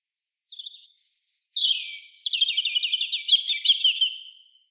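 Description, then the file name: European robin song phrase: a brief quiet note, a piercing high whistle, a lower slurred note, then a long run of quick twittering notes. "Erithacus rubecula"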